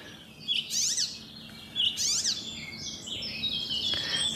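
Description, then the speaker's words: Icterine Warbler song: two bursts of high, rapid chattering notes, followed by thinner high scratchy notes, with steady background noise. Song with a mocking little trill; listener's recording from De Wilgen, Friesland, played on the radio. "En kijk eens aan, Jan, zowaar jouw spotvogel op NPO Radio 1."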